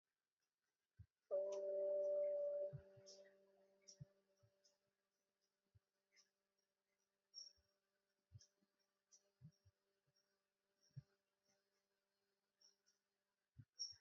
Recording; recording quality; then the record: sustained vowel as in boot; moderate, slight background noise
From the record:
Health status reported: exposed to COVID-19, no respiratory illness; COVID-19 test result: negative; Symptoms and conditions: none ticked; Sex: female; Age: 27 years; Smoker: not ticked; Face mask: not worn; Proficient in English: yes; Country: India